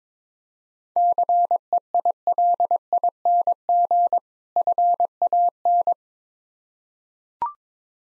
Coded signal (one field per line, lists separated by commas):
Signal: Morse code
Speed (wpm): 22 wpm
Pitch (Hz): 700 Hz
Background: none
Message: CEILING FAN